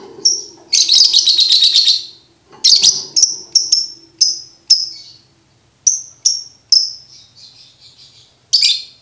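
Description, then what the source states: Lovebird song of sharp, high chirps, some in quick trilled bursts, others single notes repeated about twice a second, with short pauses between. Lovebird song used as a training recording for birds to learn ngekek.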